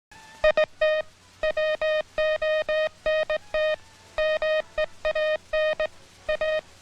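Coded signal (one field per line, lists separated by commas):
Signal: Morse code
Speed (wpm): 19 wpm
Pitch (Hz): 620 Hz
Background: music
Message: IT WONT MEAN A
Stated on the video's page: Morse code learning material from the US Army.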